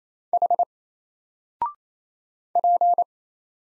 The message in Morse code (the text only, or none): H P